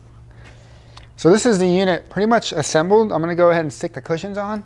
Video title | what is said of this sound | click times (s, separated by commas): GoGo Super Portable Lightweight Mobility Scooter - Unboxing and Assembly | and the seat will go back until you hear click | 1.0 s